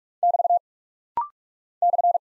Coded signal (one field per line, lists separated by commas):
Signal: Morse code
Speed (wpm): 44 wpm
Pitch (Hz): 700 Hz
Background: none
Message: <BT> /